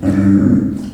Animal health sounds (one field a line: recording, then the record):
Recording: squeal of a Yucatan mini pig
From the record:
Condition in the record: after surgery on the right vocal fold (resection and tissue-engineered implant)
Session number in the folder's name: 7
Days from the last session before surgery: 47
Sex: female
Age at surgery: 19 weeks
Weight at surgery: 25 kg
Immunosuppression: prednisolone